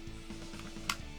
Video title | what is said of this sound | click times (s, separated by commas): Build Your Own Megazord - Altaya - Issues 26-28 | be fairly simple to do yes okay there you go did you hear that click | 0.9 s